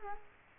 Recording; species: mosquito wingbeat signal from an infrared sensor; Culex quinquefasciatus